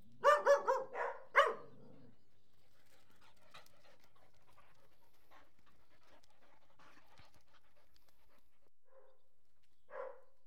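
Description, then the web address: Dog (Collie Airedale cross) giving a quick burst of several loud barks, then faint scattered sounds and one soft bark near the end. Two Collie Airedale cross dogs barking. "BBC Sound Effects Library. 2 Collie Airedale Crosses"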